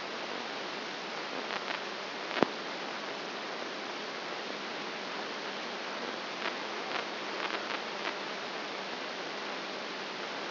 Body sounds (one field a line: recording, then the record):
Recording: brain microelectrode recording played as sound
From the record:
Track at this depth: outside the subthalamic nucleus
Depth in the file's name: 5.501 mm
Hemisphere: left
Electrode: 2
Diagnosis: Parkinson's disease